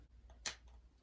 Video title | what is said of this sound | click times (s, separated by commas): I BLEW UP MY 2002 kx250!!! - part 2 (rebuild) | hear that snap | 0.5 s